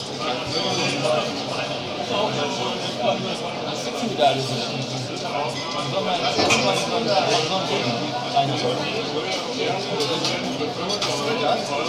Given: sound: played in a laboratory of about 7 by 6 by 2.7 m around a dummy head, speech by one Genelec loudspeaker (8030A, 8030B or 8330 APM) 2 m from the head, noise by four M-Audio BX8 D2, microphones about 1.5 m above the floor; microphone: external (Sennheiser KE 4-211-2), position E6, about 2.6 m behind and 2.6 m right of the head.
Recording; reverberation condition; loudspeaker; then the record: cafeteria noise; medium; four, about 170 cm from the corners of the room and facing them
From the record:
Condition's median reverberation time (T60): about 510 ms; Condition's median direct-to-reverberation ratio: about -0.5 dB